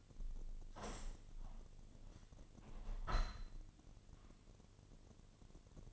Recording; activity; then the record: daily activity, microphone in the room; open window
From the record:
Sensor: 4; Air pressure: 1007.3 hPa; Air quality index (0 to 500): 190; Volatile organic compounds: 6 ppm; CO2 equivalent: 1890 ppm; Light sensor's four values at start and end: 23/73/28/27 and 23/74/28/27